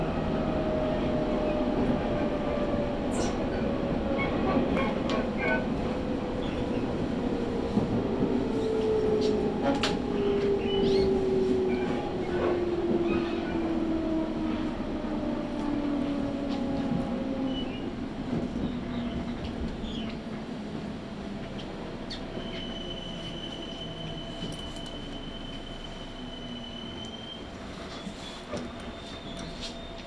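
A train pulls into a station platform, its motor whine sliding steadily downward through the first half as it slows, over a dense, continuous low rumble. Scattered clicks and knocks punctuate it, a thin high tone sounds briefly near the end, and the noise gradually quietens.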